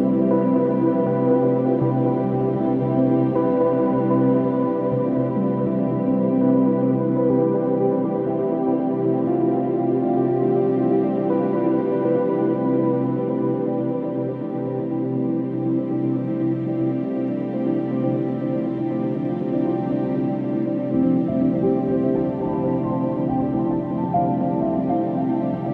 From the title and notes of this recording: As the record spins slowly, it opens a doorway to a soft and nostalgic standup piano.